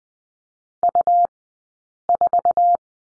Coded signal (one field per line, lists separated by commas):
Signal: Morse code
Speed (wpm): 20 wpm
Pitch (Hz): 700 Hz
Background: none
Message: U4